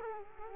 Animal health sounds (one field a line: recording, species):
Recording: mosquito wingbeat signal from an infrared sensor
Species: Culex quinquefasciatus